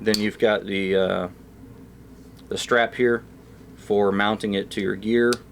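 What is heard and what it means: Someone talks while handling the mounting strap on a goTenna handheld communication device, the strap used to fasten it to gear. The strap's snap fastener has not snapped closed yet; nothing has seated or clicked.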